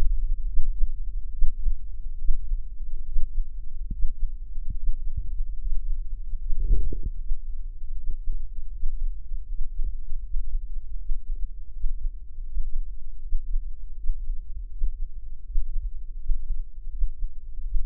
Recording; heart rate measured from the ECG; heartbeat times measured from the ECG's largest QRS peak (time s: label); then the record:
heart sounds by microphone in the left ear; 77 bpm
0.48 s: heartbeat
1.33 s: heartbeat
2.18 s: heartbeat
3.06 s: heartbeat
3.91 s: heartbeat
4.75 s: heartbeat
5.58 s: heartbeat
6.39 s: heartbeat
7.18 s: heartbeat
7.95 s: heartbeat
8.71 s: heartbeat
9.47 s: heartbeat
10.22 s: heartbeat
10.97 s: heartbeat
11.72 s: heartbeat
12.46 s: heartbeat
13.21 s: heartbeat
13.95 s: heartbeat
14.70 s: heartbeat
15.44 s: heartbeat
16.18 s: heartbeat
16.90 s: heartbeat
17.63 s: heartbeat
From the record:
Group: healthy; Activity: Valsalva maneuver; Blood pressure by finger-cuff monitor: 87/74 mmHg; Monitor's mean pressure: 78 mmHg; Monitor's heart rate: 79 bpm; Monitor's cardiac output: 5.9 L/min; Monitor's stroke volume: 75 mL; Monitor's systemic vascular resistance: 920 dyn s/cm5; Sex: male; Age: 57 years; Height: 188 cm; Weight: 106 kg